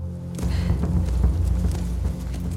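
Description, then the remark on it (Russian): A horse's hooves clip-clop at a slow, steady walking pace somewhere far off, a series of soft, evenly spaced knocks over a low rumbling background; the horse is led by the reins by two figures, with a queen riding it. “Где-то далеко две тени ведут в поводу лошадь, на которой сидит царица.”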